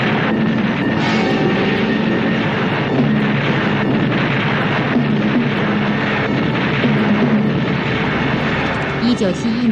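A plane crash explosion sound effect from the biographical film Zhou Enlai, depicting the crash of Lin Biao's plane at Öndörkhaan, Mongolia, early on 13 September: a loud, dense roar of rumbling noise and blasts that stays heavy for the whole stretch without letting up, with muffled voices faintly beneath.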